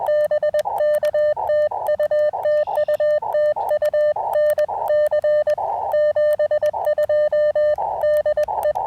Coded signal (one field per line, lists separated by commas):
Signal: Morse code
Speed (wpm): 21 wpm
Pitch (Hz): 590 Hz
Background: none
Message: BK TU TU TU NC 72 DE